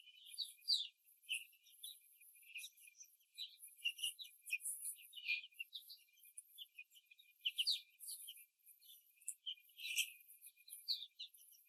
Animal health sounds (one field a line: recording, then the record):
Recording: young laying hens in a cage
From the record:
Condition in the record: after the stressor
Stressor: simulated dog barking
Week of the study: 3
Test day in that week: 1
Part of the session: 2